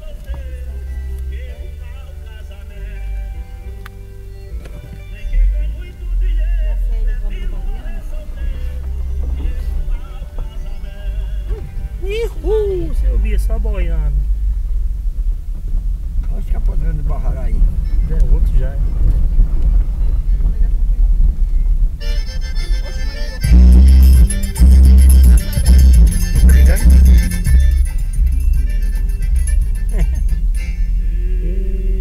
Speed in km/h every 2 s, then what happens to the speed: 0, 0, 0, 8, 7, 8, 10, 15, 17, 17, 12, 9, 10, 13, 15, 17.
0-4 standing. 4-9 steady at about 7. 9-16 speeds up to 17. 18-21 slows to 9.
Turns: 11-18.